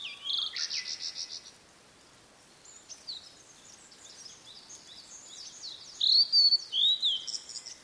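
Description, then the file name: Blue-and-white flycatcher song with a rapid run of high repeated notes, soft chirping between phrases, then bright slurred whistles near the end. "oruri"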